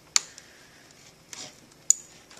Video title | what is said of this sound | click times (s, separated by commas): Setting up a Computer Cart | power charger and the vga port make sure you hear that nice little click | 1.9 s